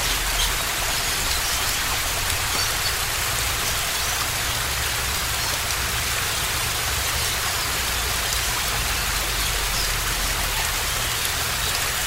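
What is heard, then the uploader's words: A waterfall roars steadily, a dense, unbroken hiss of falling water that fills the upper range and holds level for the whole stretch. Beneath it runs a low, constant rumble. No birds, leaves or thunder stand out from the wash. With no voice or dialogue.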